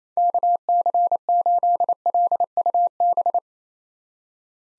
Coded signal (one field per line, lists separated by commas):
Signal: Morse code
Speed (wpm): 29 wpm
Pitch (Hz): 700 Hz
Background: none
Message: KC8LUB